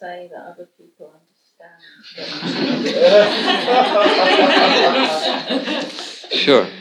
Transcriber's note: laughter